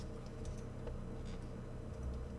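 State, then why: Not seated. The arm of a plastic Transformers NA third-anniversary Starscream robot figure is rolled inward while its small plastic arm clip is handled toward its catch. Only faint, scattered handling ticks are heard over a steady low hum. The clip ends before the part goes home, and nothing has seated or clicked yet.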